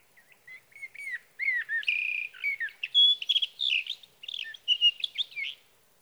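Sage thrasher song: a long, rapid, warbling run of varied chirps and slurred notes, rising and falling without pause for about five seconds.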